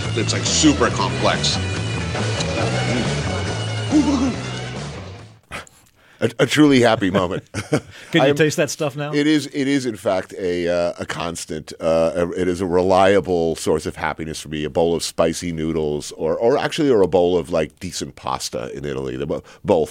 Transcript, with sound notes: It's, like, super complex, a truly happy moment (laughter)
Can you taste that stuff now?
It is, in fact, a constant - it is a reliable source of happiness for me, a bowl of spicy noodles or actually - or a bowl of, like, decent pasta in Italy, both.